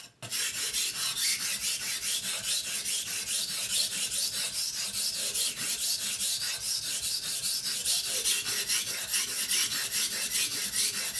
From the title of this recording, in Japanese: 煮物と包丁研ぎ